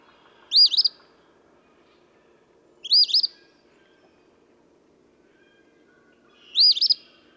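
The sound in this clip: Eastern phoebe singing three raspy fee-bee phrases at uneven intervals, in quiet surroundings.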